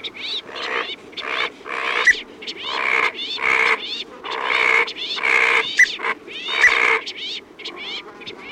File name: Brown Teal